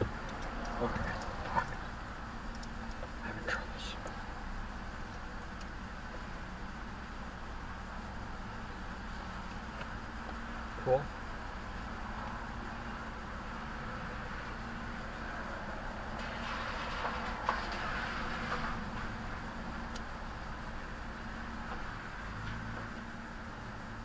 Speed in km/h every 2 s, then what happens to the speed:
0, 0, 0, 0, 0, 0, 0, 0, 0, 0, 0, 0.
0-24 standing.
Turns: none.